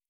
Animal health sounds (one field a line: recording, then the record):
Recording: hydrophone in a shrimp aquaculture tank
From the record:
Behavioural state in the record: normal